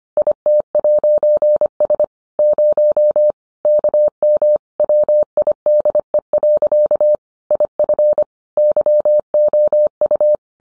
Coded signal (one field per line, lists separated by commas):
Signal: Morse code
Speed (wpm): 25 wpm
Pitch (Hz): 600 Hz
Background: none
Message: IT'S 0 KM WIDE. IF YOU